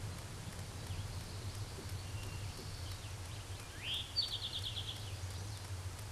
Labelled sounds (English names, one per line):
Eastern Towhee song